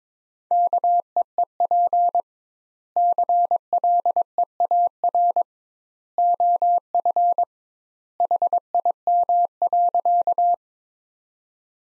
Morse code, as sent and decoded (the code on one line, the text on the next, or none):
-.- . . .--. / -.-. .-.. . .- .-. / --- ..-. / .... .. -- .-.-.-
KEEP CLEAR OF HIM.